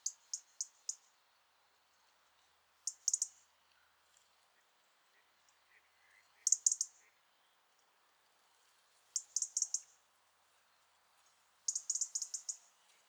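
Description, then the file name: European robin, clusters of sharp clicking ticks roughly every three seconds. "Erithacus rubecula"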